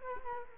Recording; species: mosquito wingbeat signal from an infrared sensor; Culex quinquefasciatus